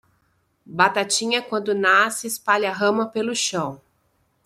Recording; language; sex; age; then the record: short text; Brazilian Portuguese; female; 40 to 49 years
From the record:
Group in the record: control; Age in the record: 48 years